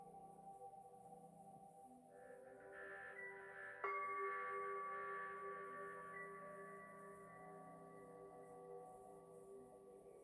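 A bowl tone hums steadily, layered with sustained MIDI pitches that shift slightly around two seconds. Near four seconds a sharp strike rings out, bringing a bright, long-ringing tone that swells and then slowly fades over the remaining seconds.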